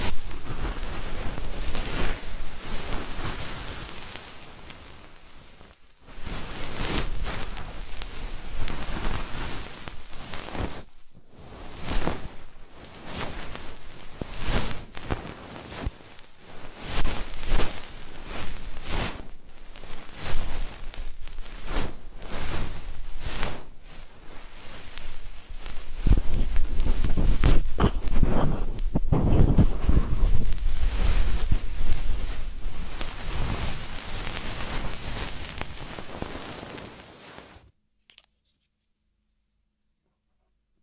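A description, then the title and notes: Deep ear cleaning and massage sounds: dense, crackling rubbing and scratching that fills the clip in bursts, with brief near-silent gaps around 6 and 11 seconds. The scraping swells louder and fuller from about 26 to 35 seconds, then stops abruptly near 37 seconds. Enhanced version of deep ear cleaning, massage.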